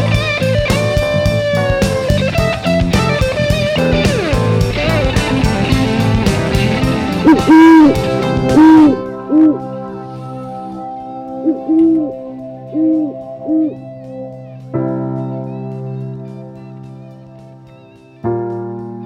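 An owl hoots several times, soft low rounded calls in short clusters, first over a dense burst of music and then against a quieter sustained tonal backdrop.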